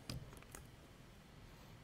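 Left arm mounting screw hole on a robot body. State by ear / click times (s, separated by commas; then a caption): stripped / 0.1 s. A screw fastening the left arm of a small self-balancing robot to its body gives way, with a sharp click at 0.1 s followed by a few fainter ticks around 0.4 and 0.55 s. The arm's mounting hole is stripped out and no longer holds much tension.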